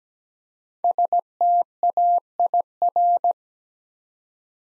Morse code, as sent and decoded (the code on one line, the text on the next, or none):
... - .- .. .-.
STAIR